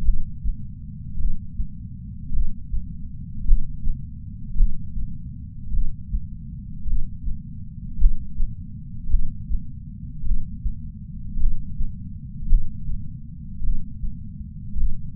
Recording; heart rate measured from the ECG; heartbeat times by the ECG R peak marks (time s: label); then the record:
heart sounds by patch sensor on the chest; 53 bpm
0.02 s: heartbeat
1.16 s: heartbeat
2.30 s: heartbeat
3.45 s: heartbeat
4.55 s: heartbeat
5.70 s: heartbeat
6.84 s: heartbeat
7.98 s: heartbeat
9.08 s: heartbeat
10.22 s: heartbeat
11.37 s: heartbeat
12.47 s: heartbeat
13.61 s: heartbeat
14.75 s: heartbeat
From the record:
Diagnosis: coronary artery disease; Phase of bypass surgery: postoperative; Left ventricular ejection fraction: 51.3%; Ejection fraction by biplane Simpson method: 50.8%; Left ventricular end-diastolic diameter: 53 mm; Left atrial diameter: 44 mm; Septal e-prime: 5.6 cm/s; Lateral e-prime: 9.8 cm/s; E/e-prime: 14.5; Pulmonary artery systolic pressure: 20 mmHg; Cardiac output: 6.3 L/min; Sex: male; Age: 70 years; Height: 165 cm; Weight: 70 kg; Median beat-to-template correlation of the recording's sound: 0.86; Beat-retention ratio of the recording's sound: 1.00